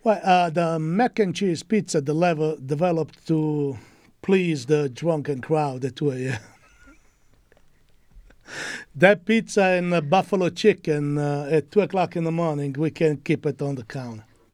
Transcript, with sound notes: Well, the mac and cheese pizza developed to please the drunken crowd at 2:00 AM [LAUGHTER] That pizza and buffalo chicken at two o'clock in the morning, we can't keep it on the counter.